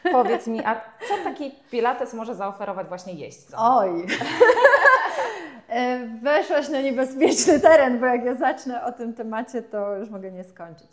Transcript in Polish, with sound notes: Powiedz mi, a co taki pilates może zaoferować właśnie jeźdźcy?
Oj [śmiech] weszłaś na niebezpieczny teren, bo jak ja zacznę o tym temacie to już mogę nie skończyć.